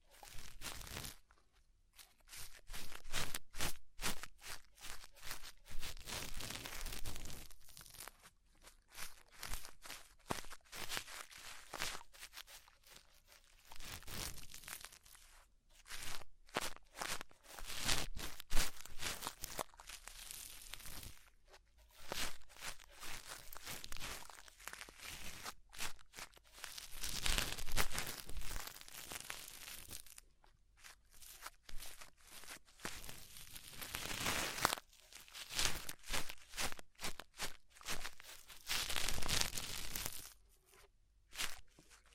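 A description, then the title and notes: Ear cleaning sounds made up of crackling, scratchy rustles that come in dense, irregular bursts with brief silent gaps between them. The textures are bright and crinkly, like tearing or crumpling, swelling and fading in waves for the whole stretch with no steady rhythm. ASMR Deep Ear Cleaning Session.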